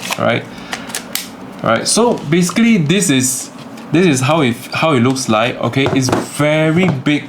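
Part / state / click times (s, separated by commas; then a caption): detachable controller half onto handheld game console side rail / seated / 1.2 s. The second half of a plastic Hori Split Pad Pro detachable controller is slid down the side rail of a Nintendo Switch handheld console, with a couple of short ticks near 0.7 s and 1.0 s before it seats with a sharp click at 1.2 s. The controller half is locked into place, the same satisfying click as fitting the original Joy-Con, and then someone talks.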